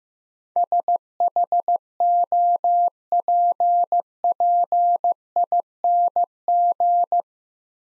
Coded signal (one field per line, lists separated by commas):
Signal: Morse code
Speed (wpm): 15 wpm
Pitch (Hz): 700 Hz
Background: none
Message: SHOPPING